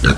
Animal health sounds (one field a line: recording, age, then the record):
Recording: pig call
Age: growing-finishing pig (85 days or more)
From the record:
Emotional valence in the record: positive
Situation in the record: run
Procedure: transit